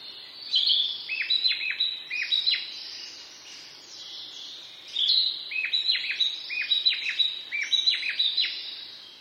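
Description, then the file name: Narcissus flycatcher singing two phrases of clear high whistles mixed with quick downward-sweeping notes, separated by a pause of about two seconds, over faint background hiss. "kibitaki"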